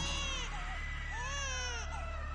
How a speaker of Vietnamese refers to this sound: đều nghe đầu đó quanh đây có những tiếng rên rỉ, rồi tiếng trẻ em khóc như đang khát sữa, có cả tiếng cười lanh lành đầy ghê sợ.